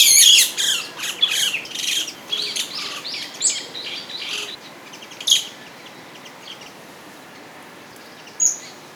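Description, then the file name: Pallas's squirrel giving harsh, noisy chattering calls in a fast loud run at first, then slowing to spaced single bursts. Recorded at Kamakura on 22 November 2013. "kurihararisu kamakura hayashinoriko"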